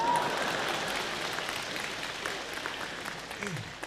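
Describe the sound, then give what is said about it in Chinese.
An audience of about eight or nine hundred at Peking University claps steadily for a comedy performer, producing a dense, continuous wash of applause that stays fairly even before tapering slightly toward the end, with a faint voice briefly audible underneath. “虽然今天到场的只有八九百位观众，但是我知道你们代表的是全国13亿人给我的掌声，所以在我的心里你们就是全国人大代表。”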